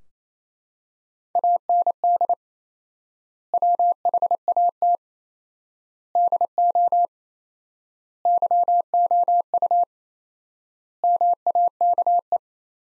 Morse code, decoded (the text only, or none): AND WHAT DO YOU MAKE